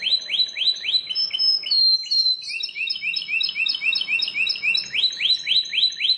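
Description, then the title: Plain Prinia song: quick upslurred notes repeated several times a second, shifting to a jerky series of higher clipped chirps, then back to rising notes. "Ciblek Sawah"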